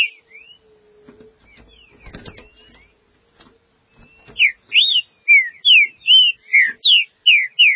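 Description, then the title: Green-winged saltator song: faint whistles and a burst of rustling noise first, then a loud run of about nine slurred whistled notes. "Trinca Ferro"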